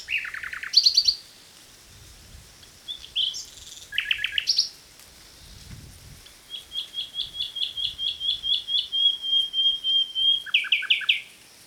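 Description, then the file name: Common nightingale song: clicking bursts, then a long crescendo of repeated piping notes building into a sustained whistle, ending in a sharp rattle. "Luscinia megarhynchos"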